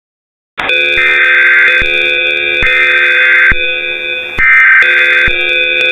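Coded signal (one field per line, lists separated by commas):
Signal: Emergency Alert System (SAME) tones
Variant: header bursts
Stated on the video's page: Fictional EAS scenario about exploding batteries; simulated.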